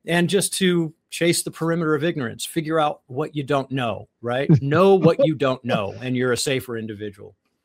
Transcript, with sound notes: And just to chase the perimeter of ignorance, figure out what you don't know, right?
(laughs)
Know what you don't know, and you're a safer individual.